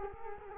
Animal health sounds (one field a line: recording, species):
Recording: mosquito wingbeat signal from an infrared sensor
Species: Culex quinquefasciatus